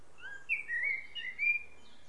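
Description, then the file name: Common blackbird producing a continuous wavering whistled phrase with several chirpy accents, lasting about one and a half seconds over faint hiss. "Turdus merula"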